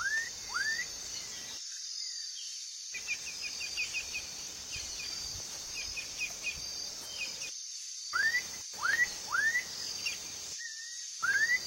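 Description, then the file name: Black-capped donacobius song of loud rising whistles, a few at the start and a quick series near the end, with softer chattering notes between and constant insect buzz. "Canto do japacanim"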